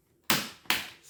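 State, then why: Seated. Plastic housing of an ASUS K555L/X555LJ laptop is aligned, closed from the top, and pressed down onto the chassis. Two sharp clicks ring out at 0.3 and 0.7 seconds, each fading quickly, as the plastic clips snap into place. The housing is seated and confirmed good.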